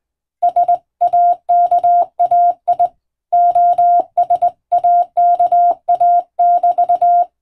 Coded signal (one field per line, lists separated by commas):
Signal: Morse code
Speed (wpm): 21 wpm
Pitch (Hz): 700 Hz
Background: none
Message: SAKAI OSAKA<BT>